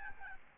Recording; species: mosquito wingbeat signal from an infrared sensor; Aedes albopictus